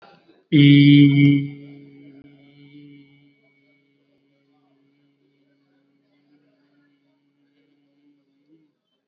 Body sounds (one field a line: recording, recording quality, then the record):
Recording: sustained vowel as in beet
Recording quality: excellent, no background noise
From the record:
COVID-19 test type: RT-PCR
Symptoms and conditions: cough, fatigue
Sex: male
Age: 30 years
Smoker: no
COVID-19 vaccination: both doses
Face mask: worn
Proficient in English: yes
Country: India